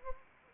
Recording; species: mosquito wingbeat signal from an infrared sensor; Anopheles arabiensis